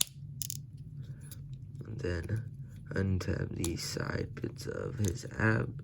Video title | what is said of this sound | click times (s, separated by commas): Transformers: War for Cybertron - Siege: SkyTread | just untap the cockpit and fold it up until it clicks into place like this and | 0.0 s